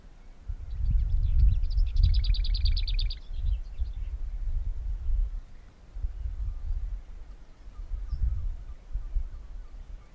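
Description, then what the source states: Lesser whitethroat singing one quick, dry rattle of rapidly repeated notes lasting about two and a half seconds, with constant low rumbling noise underneath. One of the last warblers to arrive in spring, singing from patches of scrub; two bursts of the song described as dabadabadoo.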